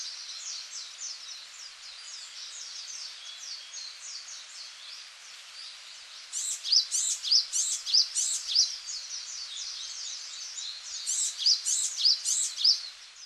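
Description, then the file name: Japanese tit song: after a stretch of busy high twittering, loud sharp repeated phrases come in quick, even series, then pause and resume near the end. Recorded in Okinawa, Japan, on 11 March 2006. "sijuukara 060311 okinawa kaji"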